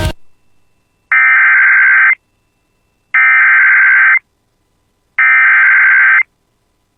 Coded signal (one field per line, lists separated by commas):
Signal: Emergency Alert System (SAME) tones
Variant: header bursts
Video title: [EAS] Severe Thunderstorm Warning for Hubbard County (South of Bemidji) (7/6/26)